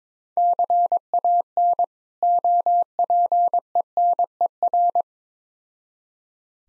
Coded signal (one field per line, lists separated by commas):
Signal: Morse code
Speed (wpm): 21 wpm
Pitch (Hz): 700 Hz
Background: none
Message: CAN OPENER